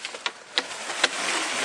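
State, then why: Seated. Two sections of corrugated plastic drain pipe are pushed together, the pipe end going into the coupling. A few short, sharp plastic ticks sound over a faint hiss, with the loudest snap at 0.6 s. The pipe clicks and seats in the coupling at 0.6 s.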